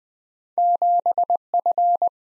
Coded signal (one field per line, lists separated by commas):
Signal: Morse code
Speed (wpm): 21 wpm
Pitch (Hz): 700 Hz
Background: none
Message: 7F